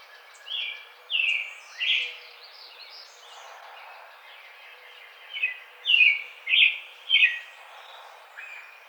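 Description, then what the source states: American robin song: three rich caroling phrases, a brief lull with soft notes, then a run of four more phrases. Recorded 4 May 2009.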